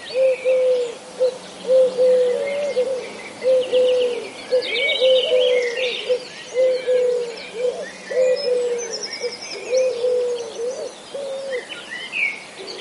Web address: eurasian collared dove